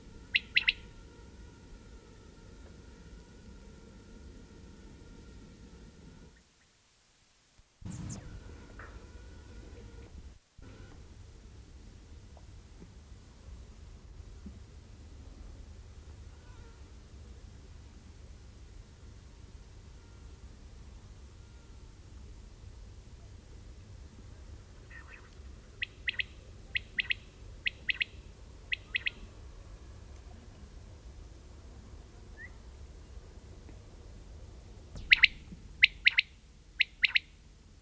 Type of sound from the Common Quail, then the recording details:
call. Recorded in the wild. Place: Zicker, Insel Rügen, Mecklenburg-Vorpommern, DE. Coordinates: 54.296, 13.683. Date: 1971-07-22 21:00. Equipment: Nagra III BH, Sennheiser MD 21, parabola. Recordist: Schubert, Michael